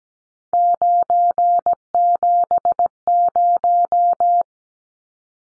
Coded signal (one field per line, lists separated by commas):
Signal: Morse code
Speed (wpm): 17 wpm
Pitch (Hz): 700 Hz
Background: none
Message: 970